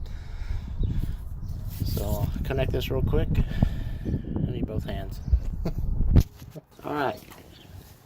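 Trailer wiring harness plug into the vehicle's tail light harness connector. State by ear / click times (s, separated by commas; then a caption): seated / 6.0 s, 6.2 s. A plastic 7-pin trailer wiring harness connector is pushed into its mating tail light harness plug on a 2001 Ford F150 while someone talks. Two sharp clicks at 6.0 and 6.2 seconds show the connector seating and locking into place.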